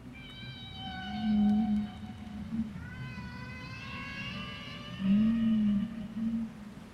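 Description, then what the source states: Whale sounds: long, rich harmonic moans with gently sliding pitch, some rising and falling, over a low rumbling underwater background. Recorded in the ocean.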